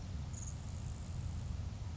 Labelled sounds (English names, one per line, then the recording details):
Grasshopper Sparrow
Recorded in Sonoma County, California